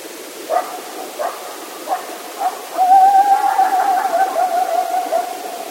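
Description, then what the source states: Coyote calls: several short barks spaced under a second apart, then a sustained wavering howl lasting about three seconds. 16 October 2010.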